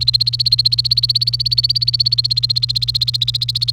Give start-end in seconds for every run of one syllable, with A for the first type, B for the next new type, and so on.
0.00-3.73 A